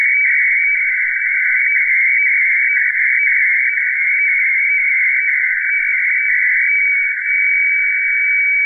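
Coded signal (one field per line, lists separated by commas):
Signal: weather fax (radiofax)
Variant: FAX 120/576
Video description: Reception of HLL2 Seoul Meteo (Seoul, South Korea) on 9165 khz (FAX 120/576)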